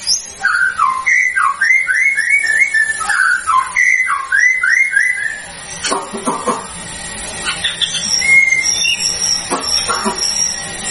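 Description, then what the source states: White-rumped shama song: a rapid run of repeated rich whistled notes, each slurring downward, followed by scattered squeaky chatter and clicking notes. Lure sound used to provoke a response from white-rumped shamas; the bird is described as gacor, singing actively and continuously.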